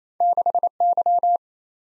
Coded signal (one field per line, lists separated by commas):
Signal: Morse code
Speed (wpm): 29 wpm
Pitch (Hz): 700 Hz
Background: none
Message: 6Y